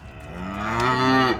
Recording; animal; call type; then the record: contact call of a hoofed animal; cattle; low-frequency (closed-mouth) or high-frequency (open-mouth) call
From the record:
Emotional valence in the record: positive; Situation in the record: visual reunion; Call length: 1.40 s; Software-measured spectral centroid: 1990 Hz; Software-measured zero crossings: 1950 a second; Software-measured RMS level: -23 dBFS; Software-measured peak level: -8 dBFS